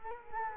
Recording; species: mosquito wingbeat signal from an infrared sensor; Culex quinquefasciatus